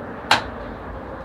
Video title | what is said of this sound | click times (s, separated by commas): Where I do My Laundry - Full time motorhome / van life | that click that's it locked there | 0.3 s